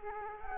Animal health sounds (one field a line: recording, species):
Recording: mosquito wingbeat signal from an infrared sensor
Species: Culex quinquefasciatus